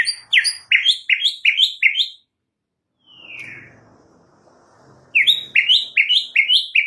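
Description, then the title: White-rumped shama singing rapid runs of bright upslurred whistles, one falling whistle in a brief pause, then the fast whistled series resumes. Tutor song with full ngerol and nembak song styles. "Masteran Murai Batu Full Ngerol Nembak"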